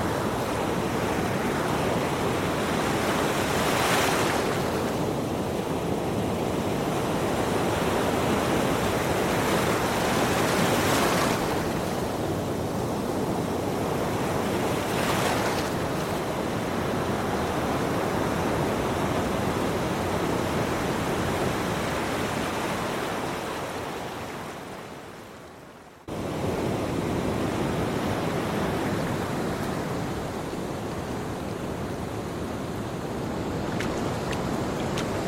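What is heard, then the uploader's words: Ocean waves roar steadily with surges near 4, 11 and 15 seconds, a brief dip around 26 seconds, then continuing rush. Serene Ocean Waves.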